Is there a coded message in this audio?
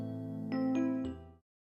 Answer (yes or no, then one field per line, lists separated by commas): no